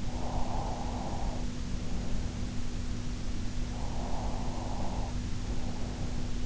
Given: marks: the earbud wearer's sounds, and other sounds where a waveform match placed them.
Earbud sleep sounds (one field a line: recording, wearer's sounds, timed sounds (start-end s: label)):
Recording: sounds in sleep by an in-ear microphone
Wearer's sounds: breath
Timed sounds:
0.00-2.43 s: breath
3.77-6.14 s: breath